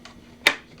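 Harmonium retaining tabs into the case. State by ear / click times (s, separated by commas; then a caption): seated / 0.5 s. With the harmonium's stops pushed in, its retaining tabs are popped into place in the case. A quiet background is broken by one loud, sharp snap at 0.5 seconds that fades quickly, and the tabs are seated.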